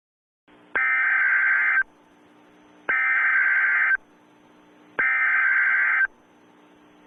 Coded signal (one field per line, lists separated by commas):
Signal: Emergency Alert System (SAME) tones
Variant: header bursts